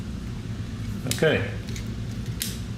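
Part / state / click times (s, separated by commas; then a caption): plastic window lens into model locomotive body shell / seated / 2.4 s. Clear plastic window lens pieces are pressed into the plastic body shell of an N scale model locomotive while someone talks over a low steady hum. A sharp click at 2.4 seconds marks the last lens snapping into place, and the lenses are seated.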